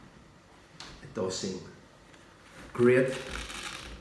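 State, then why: Not seated. A Drift Camera XL action camera is handled at its helmet mount after the screw has been tightened, with a sudden handling sound at 0.8 s, rustling and shuffling, and someone talking. Nothing has seated or clicked into the mount yet.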